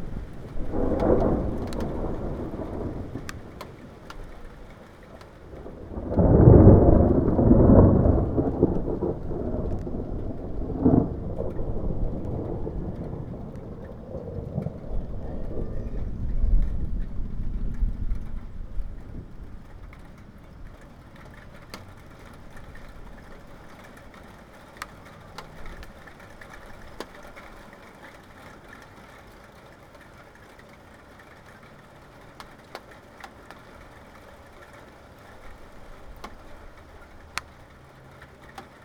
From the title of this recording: Thunderstorm Approaching